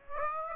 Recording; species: mosquito wingbeat signal from an infrared sensor; Aedes aegypti